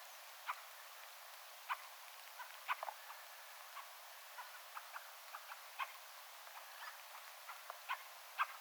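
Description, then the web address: Fieldfare chack calls, short dry clicks repeated irregularly, with fainter clicks between them. Attention-seeking calls of one fieldfare, with a second and a third fieldfare calling in the background; recorded 17 December 2024. "paivat 17 12 2024 rakattirastaan huomioaantelya taustalla toinen ja kolmaskin rakattirastas"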